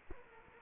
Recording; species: mosquito wingbeat signal from an infrared sensor; Culex quinquefasciatus